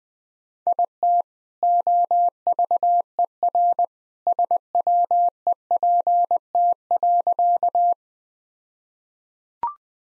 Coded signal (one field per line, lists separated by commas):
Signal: Morse code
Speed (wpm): 21 wpm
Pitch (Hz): 700 Hz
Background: none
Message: IT OVER SWEPT.